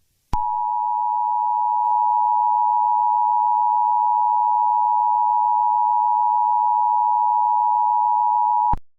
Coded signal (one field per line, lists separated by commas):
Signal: Emergency Alert System (SAME) tones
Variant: 853 and 960 Hz attention tone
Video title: Friday the 13th: The EAS Scenario (#90)